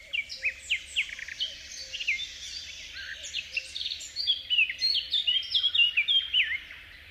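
Eurasian blackcap song, a fast, rich warble of clear whistled and chattering notes, growing louder and busier towards the end.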